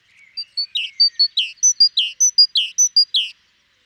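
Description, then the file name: Great tit song: a brisk two-note phrase, high clear note dropping to a lower slurred one, repeated steadily about five times in three seconds. "Parus major"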